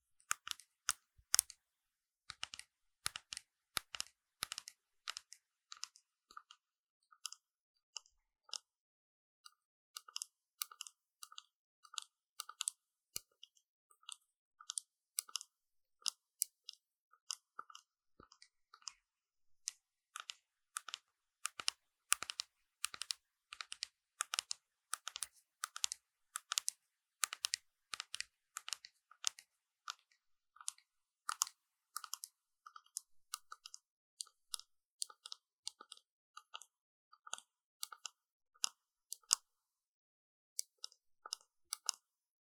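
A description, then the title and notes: Makeup tapping: quick, crisp clicks and taps land in irregular bursts throughout, with short pauses between clusters. The taps are sharp and bright with little low end, and they thicken into a busier run near the middle before thinning out again. ASMR 美妝用品敲擊聲 | Makeup Tapping | NO Talking.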